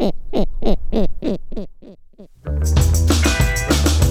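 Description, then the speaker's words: Snowy Owl calling in a rapid series of low, hoarse notes, about three per second, fading away before a louder, different sound begins. Played example, recorded in Canada in 2008; a female was at the nest with hatchlings when the male brought a dead lemming and passed it to her, and she fed the young. "The woman who recorded it noted that what was happening was that a female was at the nest with hatchlings when the male brought a dead lemming and passed it to the female, who fed the young."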